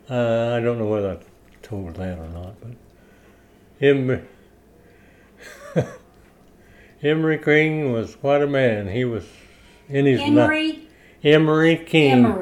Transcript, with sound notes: I don't know whether I've told that or not, but. Emor-- (chuckles) Emory King was quite a man. He was in his nine--
Emory?
Emory King.